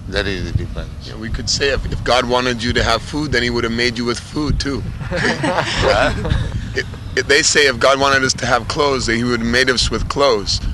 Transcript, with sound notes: That is the difference.
Yeah, we could say, "If God wanted you to have food, then He would have made you with food, too." [laughter]
Huh?
They say, "If God wanted us to have clothes, that He would have made us with clothes."